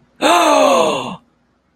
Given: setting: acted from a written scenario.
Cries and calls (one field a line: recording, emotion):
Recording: vocal sound without words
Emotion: elation